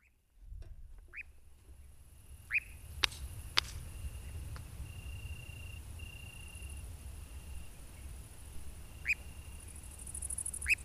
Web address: agykontroll Madardalok Cd 2. Lappantyú